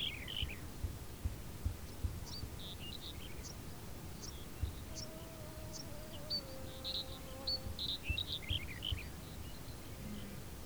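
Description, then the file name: Birds singing, high chirps and short warbled phrases scattered throughout over steady low rumble, with a faint drawn-out tonal hum midway. Birds in a field, background ambience. "Background of a Field with Birds"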